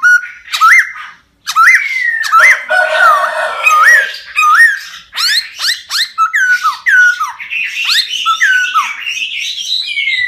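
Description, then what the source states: Laughingthrush song mixing loud whistles and harsh chattering bursts, delivered in quick, varied phrases with a brief silent gap near the start. Song described as 'giong rung', wild voice style.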